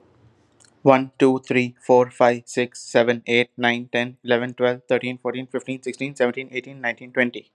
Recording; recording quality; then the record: counting at a fast pace; excellent, no background noise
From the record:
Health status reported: COVID-19 positive, mild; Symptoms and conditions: cough, cold, sore throat, fever, fatigue, muscle pain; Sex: male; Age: 25 years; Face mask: worn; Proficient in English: yes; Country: India